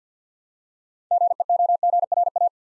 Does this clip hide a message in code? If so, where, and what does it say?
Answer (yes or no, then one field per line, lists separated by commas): yes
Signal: Morse code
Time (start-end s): 1.1-2.5 s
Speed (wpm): 51 wpm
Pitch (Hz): 700 Hz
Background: none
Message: GEOGRA